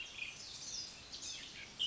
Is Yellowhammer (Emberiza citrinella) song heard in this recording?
no